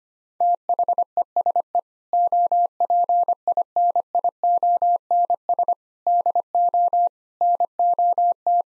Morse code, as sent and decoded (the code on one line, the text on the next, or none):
- .... . ... . / --- .--. .. -. .. --- -. ... / -.. --- / -. --- -
THESE OPINIONS DO NOT